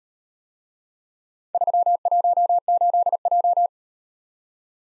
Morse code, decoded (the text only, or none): 318J